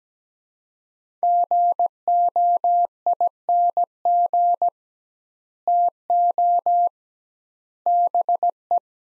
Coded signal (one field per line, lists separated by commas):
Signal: Morse code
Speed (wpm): 17 wpm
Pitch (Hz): 700 Hz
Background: none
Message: GOING TO BE